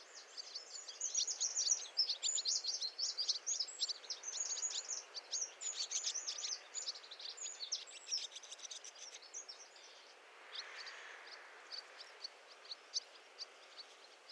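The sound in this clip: Swallow chatter, dense bursts of high twittering notes for about ten seconds, then sparser scattered chirps over a steady hiss.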